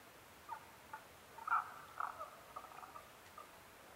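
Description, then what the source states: Tago's brown frog calls: short croaking notes in an uneven series, a louder cluster near the middle, over steady background hiss. Recorded 15 May 2011 at 02:19.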